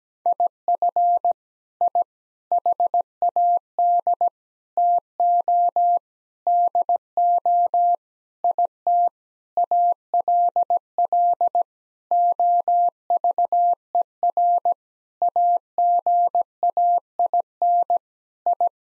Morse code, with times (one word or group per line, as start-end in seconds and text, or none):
0.3-1.3 IF
1.8-2.0 I
2.5-4.3 HAD
4.8-6.0 TO
6.5-7.9 DO
8.4-9.1 IT
9.6-11.6 ALL
12.1-14.7 OVER
15.2-18.0 AGAIN
18.5-18.7 I